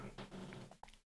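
A soft, low, rumbling snore from Toby, a small dog held in the arms directly under the microphone, rough and purring in quality, with a brief breathy catch near the end. It is ordinary sleep snoring in a resting pet, indoors.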